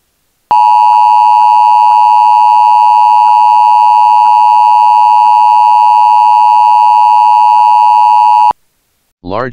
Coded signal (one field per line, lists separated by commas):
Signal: Emergency Alert System (SAME) tones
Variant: 853 and 960 Hz attention tone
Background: speech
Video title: EAS | Hazardous Materials Warning for Evacuation near Downtown Ottawa, Kansas due to Gas Leak